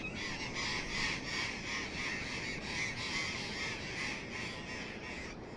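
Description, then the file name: Burrowing parrots in a noisy group, rasping screeches pulsing rapidly, voices layered into a continuous harsh chorus. "loros barranqueros"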